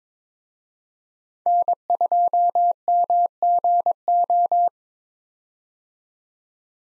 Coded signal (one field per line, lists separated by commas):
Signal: Morse code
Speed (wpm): 21 wpm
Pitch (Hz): 700 Hz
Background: none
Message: N2MGO